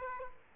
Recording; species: mosquito wingbeat signal from an infrared sensor; Aedes aegypti